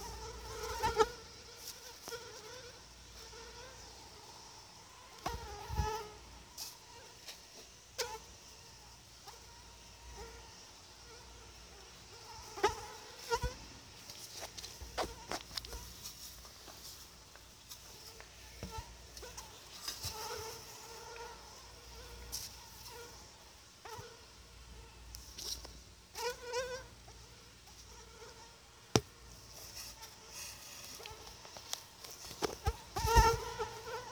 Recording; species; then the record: mosquito flight sound by mobile phone; Anopheles atroparvus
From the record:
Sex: female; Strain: EBRO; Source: CDC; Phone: Sony Xperia